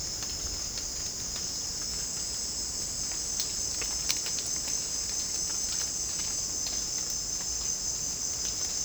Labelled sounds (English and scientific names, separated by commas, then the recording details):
none
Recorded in dense forest near Puerto Asís, Putumayo, Colombia, on 25 June 2025 at 15:00
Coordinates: 0.499, -76.324
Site G100